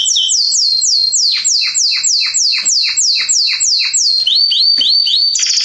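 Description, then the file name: Canary song made of rapid, evenly spaced downward-sweeping whistles, shifting to a few quick rising notes and ending in a brief buzzy trill. "Canary Voice"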